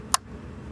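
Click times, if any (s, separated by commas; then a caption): 0.1 s. A plastic fuel filler cap on a Kia Soul is turned clockwise into the car's filler neck. A single sharp ratchet click sounds at 0.1 s over a low, steady background hum. The click shows the cap is tight.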